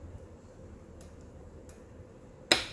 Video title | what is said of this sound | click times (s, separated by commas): Weekeight folding bicycle review | you hear that that's the time where you flip it over | 2.5 s